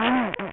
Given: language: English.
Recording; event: throat vibration sensor signal played as sound; throat clearing